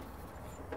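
Metal folding entry steps on a Catalina Legacy travel trailer are being folded up for travel toward their stowed, locked position in the step frame. A steady low rumble runs throughout, with a brief louder burst near 0.7 s. The steps have not seated or latched yet by the end of the clip.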